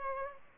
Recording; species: mosquito wingbeat signal from an infrared sensor; Culex pipiens